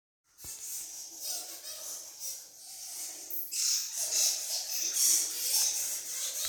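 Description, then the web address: Bats chattering in a dense, continuous wash of high squeaks and twitters, rising in intensity midway with brief sharper tonal chirps standing out. Bats recorded inside Twins Cave during a hike in Nahal Dolev, 22 May 2021. "drorbn. 2021 05 22 Nahal Dolev and Mearat Ha Teomim Hike Twins Cave Bats"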